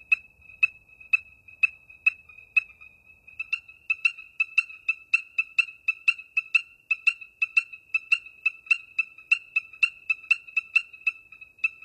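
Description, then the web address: Ornate chorus frog calls: sharp, high peeps repeated about twice a second, one frog at first, then more joining with overlapping peeps. North America. "Songs of Frogs Toads of North America. Ornate Chorus Frog"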